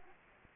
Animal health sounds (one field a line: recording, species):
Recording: mosquito wingbeat signal from an infrared sensor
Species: Anopheles arabiensis